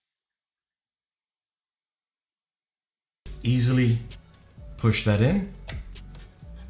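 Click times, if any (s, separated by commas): 5.7 s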